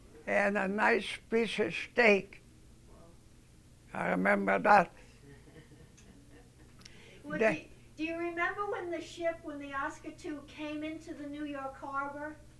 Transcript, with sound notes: and a nice piece of steak. I remember that.
( she laughs ) Do you remember when the ship, when the Oscar II came into the New York Harbor?